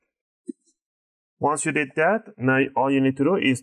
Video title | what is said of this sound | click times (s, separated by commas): Acer Aspire 3 N19c1 🚩 A315 56 38Tb 💻 Ram Upgrade | so what you want to do all the way in each soft click | 0.5 s